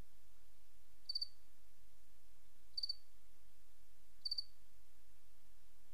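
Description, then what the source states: Cricket producing three quick pulsed chirps, evenly spaced about 1.6 seconds apart, over soft continuous hiss. Recorded 28 August 2007.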